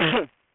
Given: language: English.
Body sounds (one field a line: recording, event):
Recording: throat vibration sensor signal played as sound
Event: cough